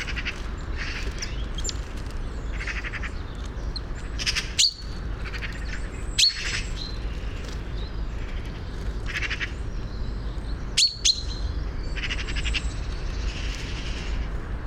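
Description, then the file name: Common chaffinch calls: short, sharp high notes at irregular intervals over a constant low wind-like noise. "Fringilla coelebs"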